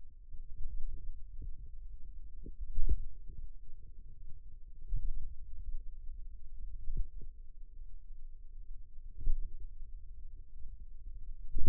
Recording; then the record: forearm muscle sounds (acoustic myography)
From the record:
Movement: finger pinch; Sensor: system 2, bracelet of six BSWA MPA416 microphones around the upper forearm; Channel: 6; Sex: female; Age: 22 years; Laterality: right